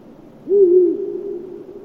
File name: viirupollo hallikainen